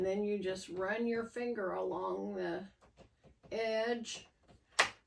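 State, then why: Partly seated. A plastic diffuser lens is pressed into an aluminium LED light channel by running a finger along its edge while someone talks. A sharp snap is heard at 4.8 s as the lens seats, but one end of the lens is still not snapped home.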